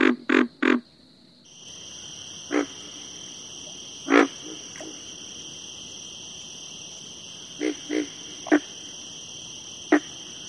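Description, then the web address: Pig frog grunts, a quick run of three first, then scattered single and paired rough grunts, while a continuous high-pitched insect hum begins and carries on throughout. "Frog Calls Rana grylio - Pig Frog"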